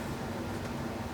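A 1/2 inch PEX pipe is being handled against a push-to-connect brass shut-off valve fitting, and only a steady low hum and broadband background noise are heard, with no distinct transients. Nothing has seated or clicked yet.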